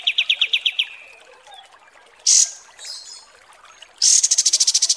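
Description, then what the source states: Bulbul song: a quick run of chirps, then brief harsh bursts and softer notes, ending in a loud rapid series of sharp repeated notes. Masteran (song tutoring) recording of the kapas tembak style.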